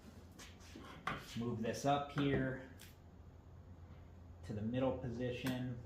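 Someone talks while moving the handle of a Greenworks 80V 21-inch lawnmower up to the middle height position, using the handle height adjustment lock on the mower deck, with a brief sharp sound at about 2.8 s. The handle is only being handled here, and nothing has seated or clicked yet.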